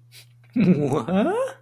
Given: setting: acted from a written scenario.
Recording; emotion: vocal sound without words; positive surprise